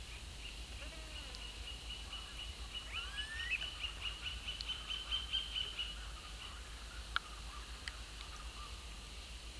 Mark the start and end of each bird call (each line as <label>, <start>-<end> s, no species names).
bird call, 0.69-5.93 s